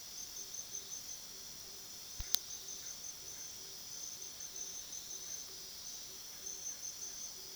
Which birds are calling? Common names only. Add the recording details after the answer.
none. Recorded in pastures near Puerto Asís, Putumayo, Colombia, on 19 February 2024 at 00:30. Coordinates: 0.497, -76.327. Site G7276